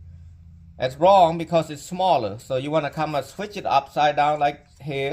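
A man talks while handling the left plastic side bracket of a radio dash install kit for a 2003–2011 Honda Element, flipping it upside down to fit it into the kit. The clip ends before the bracket goes home, so nothing has seated or clicked yet.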